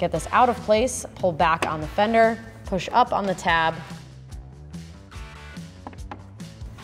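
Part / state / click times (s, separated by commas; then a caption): plastic fender liner flap tab into the fender/frame mount / seated / 6.1 s. On a Jeep Gladiator JT, with the fender liner pulled back, the plastic flap on the underside is refitted around the frame piece and its plastic tab is pushed up into the fender mount while someone talks over music. After the speech, a few small knocks follow, and the tab snaps into place with a sharp click at 6.1 seconds, seated.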